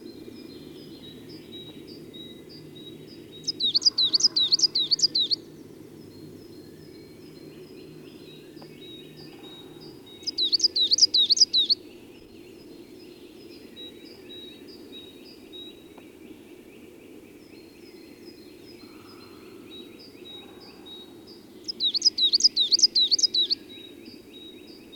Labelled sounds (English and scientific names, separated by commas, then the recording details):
Coal Tit (Periparus ater) song
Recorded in the wild
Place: Schorfheide, Brandenburg, DE
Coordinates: 52.907, 13.531
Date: 1989-04-16 07:07
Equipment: Nagra III BH, Sennheiser MD 21, parabola
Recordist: Schubert, Michael
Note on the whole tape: Gesang Tannenmeise